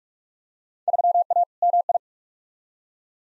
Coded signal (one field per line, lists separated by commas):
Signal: Morse code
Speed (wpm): 46 wpm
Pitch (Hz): 700 Hz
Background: none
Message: 3A MI